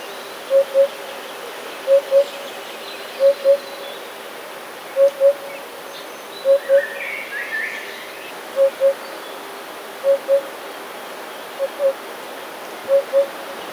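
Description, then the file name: Eurasian hoopoe giving hollow double hoots, evenly paired and repeated about every one and a half to two seconds; brief chirping from another bird midway. "dudek"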